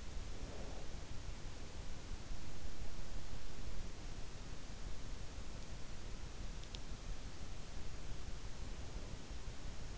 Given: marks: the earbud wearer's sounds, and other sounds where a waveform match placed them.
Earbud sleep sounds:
sounds in sleep by an in-ear microphone; breath
0.00-1.42 s: breath

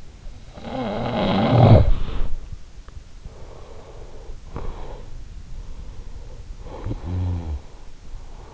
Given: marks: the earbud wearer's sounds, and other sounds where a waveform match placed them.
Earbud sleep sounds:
sounds in sleep by an in-ear microphone; snoring breath, body movement, breath
0.00-2.51 s: snoring breath
1.49-3.03 s: body movement
3.03-5.27 s: breath
6.16-8.22 s: snoring breath

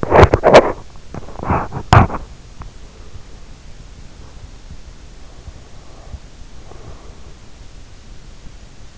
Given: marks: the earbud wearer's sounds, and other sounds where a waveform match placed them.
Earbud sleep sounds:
sounds in sleep by an in-ear microphone; teeth grinding, breath
0.00-0.94 s: teeth grinding
1.04-2.72 s: teeth grinding
5.13-7.78 s: breath

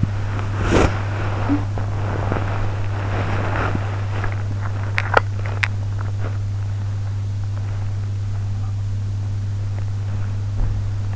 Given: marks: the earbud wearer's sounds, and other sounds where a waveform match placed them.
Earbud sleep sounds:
sounds in sleep by an in-ear microphone; body movement, talking in sleep, teeth grinding
0.00-6.32 s: body movement
1.39-1.66 s: talking in sleep
4.90-5.75 s: teeth grinding
9.71-11.16 s: body movement

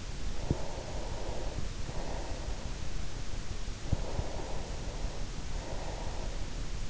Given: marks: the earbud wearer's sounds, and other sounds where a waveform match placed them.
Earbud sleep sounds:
sounds in sleep by an in-ear microphone; breath
0.43-2.89 s: breath
3.67-6.53 s: breath

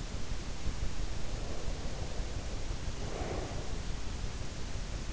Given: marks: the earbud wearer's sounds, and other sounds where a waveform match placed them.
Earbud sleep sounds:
sounds in sleep by an in-ear microphone; breath
1.06-3.84 s: breath

